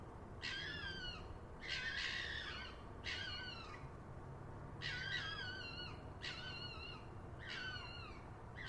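Fox calling in a series of several harsh, wavering, downward-sliding cries against a low steady rumble.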